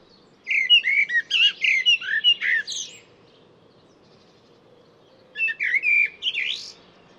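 Bird song with a long burst of busy warbling chirps and whistles, silence for a couple of seconds, then a shorter similar phrase.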